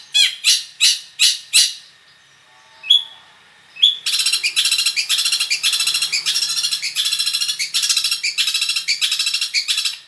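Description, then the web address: Long-tailed shrike song: a run of five loud harsh chirps, a brief pause with a thin note, then a fast dense stream of rapid buzzy repeated notes to the end. Full song with imitations, described as gacor (in full, lively song). "cendet suara-cendet-gacor-full-isian"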